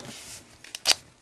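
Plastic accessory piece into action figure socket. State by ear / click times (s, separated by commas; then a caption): not seated / none. A hard plastic accessory piece is pushed into the socket of a Green Lantern Galius Zed action figure on a second try, giving a soft rustle, then light plastic taps and scrapes around 0.7–0.9 s and a sharp tap near 1.3 s. The piece won't lock into place, and nothing has clicked or seated yet.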